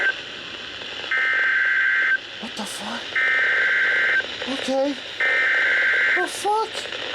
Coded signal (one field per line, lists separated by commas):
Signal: Emergency Alert System (SAME) tones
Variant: header bursts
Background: speech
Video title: Windy Thursday | EAS Alerts From 6/29/2023 (EAS #2,119-2,144)